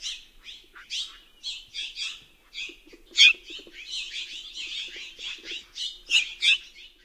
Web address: Songs of Birds of North America Know Your Bird Sounds Common Western Species. Mexican Jay